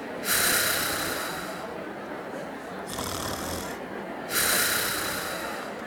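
Three long, hissy breath-noise snores at a slow pace, acted.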